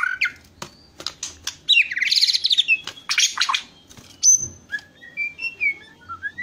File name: White rumped shama